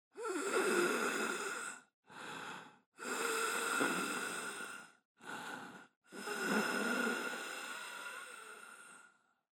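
Wheezing in an adult: a series of noisy breaths, long and short, each carrying a steady high-pitched musical tone.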